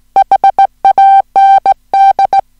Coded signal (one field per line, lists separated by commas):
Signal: Morse code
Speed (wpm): 18 wpm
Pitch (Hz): 780 Hz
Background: music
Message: HAND